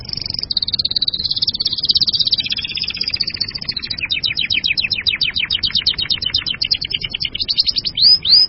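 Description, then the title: Bird song: an unbroken, high-pitched rattling trill of very fast repeated notes lasting the whole stretch, ending with two sharp chirps. "burung online"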